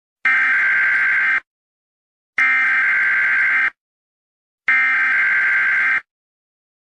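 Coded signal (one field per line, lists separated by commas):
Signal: Emergency Alert System (SAME) tones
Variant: header bursts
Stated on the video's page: Fictional analog-horror EAS scenario about a zombie plague, not a real alert.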